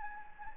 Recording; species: mosquito wingbeat signal from an infrared sensor; Anopheles gambiae